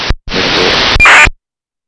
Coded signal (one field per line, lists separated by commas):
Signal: ACARS aircraft data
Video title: DVB-T+DAB+FM Dongle @ SDR# 1732 Software, + Fast Scanner Running